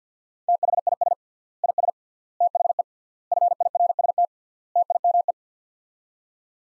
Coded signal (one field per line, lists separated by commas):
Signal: Morse code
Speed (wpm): 50 wpm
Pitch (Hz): 700 Hz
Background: none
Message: THIS IS THE FIRST TIME